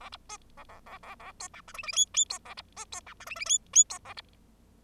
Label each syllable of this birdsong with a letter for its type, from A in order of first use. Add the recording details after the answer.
A B C A A A A A D E F G G H H D A B C D E F G G H H D A B. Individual Bird0